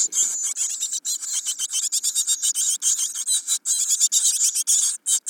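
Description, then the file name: Great tit giving a dense stream of harsh, buzzy, high chatter, broken by many brief pauses. "Parus major"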